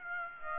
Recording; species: mosquito wingbeat signal from an infrared sensor; Aedes aegypti